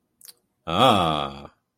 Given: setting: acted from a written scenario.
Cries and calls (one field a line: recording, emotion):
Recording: vocal sound without words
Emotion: pride